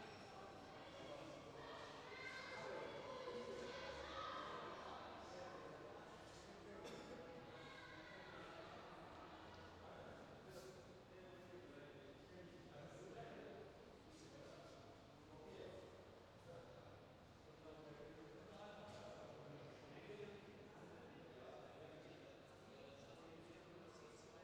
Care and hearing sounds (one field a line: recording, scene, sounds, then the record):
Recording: everyday scene through a hearing-aid microphone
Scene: reverberant space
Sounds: background noise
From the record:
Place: railway station hall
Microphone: in the ear canal, left